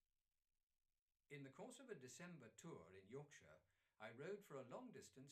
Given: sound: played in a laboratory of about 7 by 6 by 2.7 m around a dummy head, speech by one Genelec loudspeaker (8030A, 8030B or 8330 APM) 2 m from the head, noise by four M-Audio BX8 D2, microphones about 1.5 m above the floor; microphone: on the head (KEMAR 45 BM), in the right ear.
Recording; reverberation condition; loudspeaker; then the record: male speech in English; low; 120 degrees to the right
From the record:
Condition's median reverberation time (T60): about 310 ms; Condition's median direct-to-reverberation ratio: about 3.5 dB